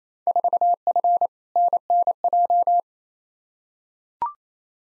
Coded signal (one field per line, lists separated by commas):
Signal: Morse code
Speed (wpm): 28 wpm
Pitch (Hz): 700 Hz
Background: none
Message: 4F NNJ